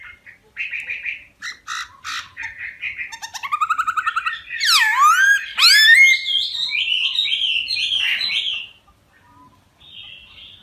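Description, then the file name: Laughingthrush singing a varied run: trilled notes and rapid repeated chips building into loud swooping whistles, then a quick sequence of whistled notes. Song in the wild-voice style, called giọng rừng. "Tieng khuou hot giong rung"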